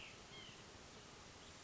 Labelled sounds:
White-breasted Nuthatch (Sitta carolinensis)
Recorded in Sonoma County, California

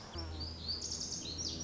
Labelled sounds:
Lazuli Bunting (Passerina amoena)
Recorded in Sonoma County, California

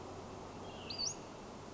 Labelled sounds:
Western Flycatcher (Empidonax difficilis)
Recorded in Sonoma County, California

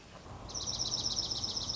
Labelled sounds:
Dark-eyed Junco (Junco hyemalis)
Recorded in Sonoma County, California

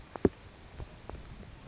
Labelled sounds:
California Towhee (Melozone crissalis)
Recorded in Sonoma County, California

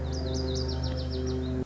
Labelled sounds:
Lazuli Bunting (Passerina amoena)
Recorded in Sonoma County, California

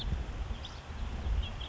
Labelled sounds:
House Finch (Haemorhous mexicanus)
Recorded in Sonoma County, California

